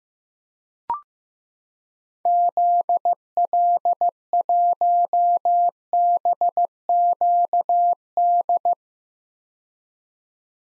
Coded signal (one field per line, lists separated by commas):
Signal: Morse code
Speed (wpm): 15 wpm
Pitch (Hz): 700 Hz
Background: none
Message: ZL1BQD